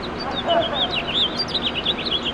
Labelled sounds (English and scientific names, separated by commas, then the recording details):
House Finch (Haemorhous mexicanus) song
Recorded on Long Island, New York, on 21 March 2012
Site FL
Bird B